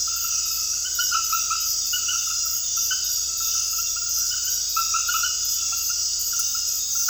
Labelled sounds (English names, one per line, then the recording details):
none
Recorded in dense forest near Puerto Asís, Putumayo, Colombia, on 19 February 2024 at 01:00
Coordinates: 0.485, -76.318
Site G6408